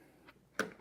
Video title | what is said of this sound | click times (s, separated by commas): Official Quick Connect Release | so locked into place not going anywhere | 0.6 s